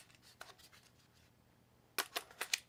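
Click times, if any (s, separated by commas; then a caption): none. A battery pack is handled at the battery mount of a Parkside cordless reciprocating saw sold by Lidl, with quiet faint rustling followed by a cluster of sharp, bright scraping and tapping sounds from about 2.0 to 2.5 s. The pack has not yet gone home, and nothing has seated or clicked.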